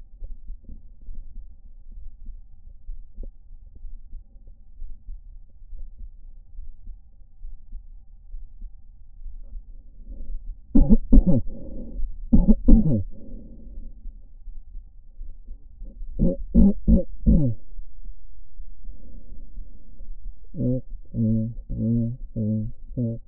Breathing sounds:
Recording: lung sounds by stethoscope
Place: right anterior apical chest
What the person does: quiet breathing, then cough and speech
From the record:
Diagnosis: none (healthy)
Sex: male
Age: 30 years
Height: 190 cm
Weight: 88 kg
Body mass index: 24.4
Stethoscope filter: diaphragm mode

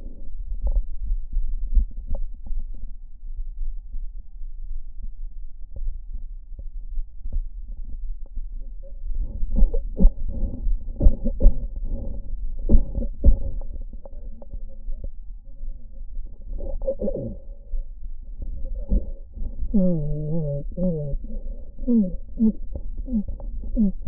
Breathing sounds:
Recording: lung sounds by stethoscope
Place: right anterior apical chest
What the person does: quiet breathing, then cough and speech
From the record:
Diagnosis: interstitial lung disease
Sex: male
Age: 82 years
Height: 158 cm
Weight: 49 kg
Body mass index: 19.6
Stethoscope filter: diaphragm mode

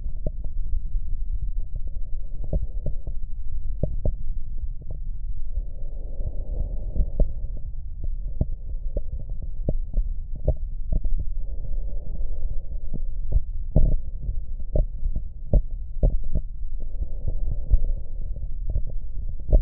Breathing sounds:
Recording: lung sounds by stethoscope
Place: left anterior apical chest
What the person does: quiet breathing, then deep breathing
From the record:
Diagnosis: interstitial lung disease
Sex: male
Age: 66 years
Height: 172 cm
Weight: 107.6 kg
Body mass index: 36.4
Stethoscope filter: extended mode

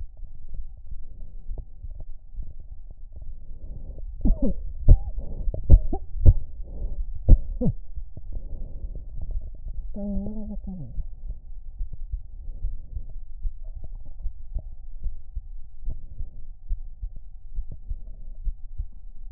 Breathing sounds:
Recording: lung sounds by stethoscope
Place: left anterior apical chest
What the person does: quiet breathing, then cough and speech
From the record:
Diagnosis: interstitial lung disease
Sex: female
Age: 60 years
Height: 154 cm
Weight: 68.1 kg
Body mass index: 28.7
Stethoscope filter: extended mode

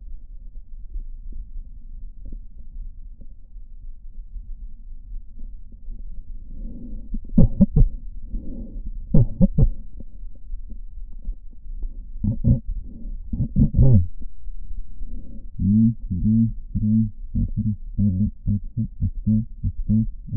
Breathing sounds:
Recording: lung sounds by stethoscope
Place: right posterior apical chest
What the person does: quiet breathing, then cough and speech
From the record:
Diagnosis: none (healthy)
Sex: male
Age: 29 years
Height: 180 cm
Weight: 100 kg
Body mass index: 30.9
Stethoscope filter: diaphragm mode

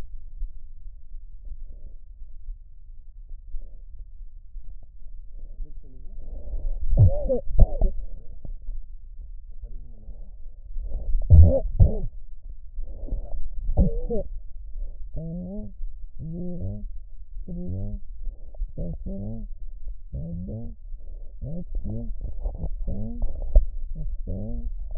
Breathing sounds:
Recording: lung sounds by stethoscope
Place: right posterior basal chest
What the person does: quiet breathing, then cough and speech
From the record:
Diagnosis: COPD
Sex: female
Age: 68 years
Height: 150 cm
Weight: 70 kg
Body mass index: 31.1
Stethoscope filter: extended mode

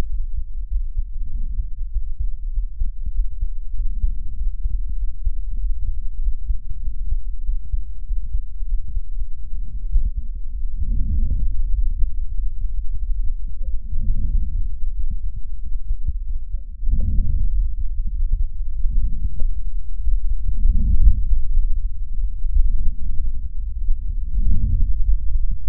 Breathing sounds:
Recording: lung sounds by stethoscope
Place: left anterior apical chest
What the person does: quiet breathing, then deep breathing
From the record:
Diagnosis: interstitial lung disease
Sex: female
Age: 70 years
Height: 160 cm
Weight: 93 kg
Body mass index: 36.3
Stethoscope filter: bell mode

